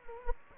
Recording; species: mosquito wingbeat signal from an infrared sensor; Anopheles gambiae